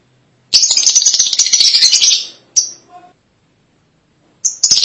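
Lovebird chatter, a loud continuous high buzzy twitter lasting about two seconds, a short chirp or two, a pause, then chattering starting again.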